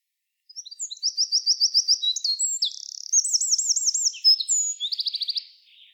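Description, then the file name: Eurasian wren song: a rapid series of high piercing notes, then rolling looped phrases and a fast trill, ending abruptly. "Troglodytes troglodytes"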